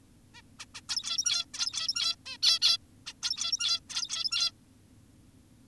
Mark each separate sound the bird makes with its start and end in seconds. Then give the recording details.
0.34-0.42, 0.59-0.66, 0.75-0.81, 0.89-1.46, 1.54-2.16, 2.26-2.38, 2.43-2.59, 2.62-2.78, 3.06-3.14, 3.23-3.80, 3.90-4.52. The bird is an adult. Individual g17y2U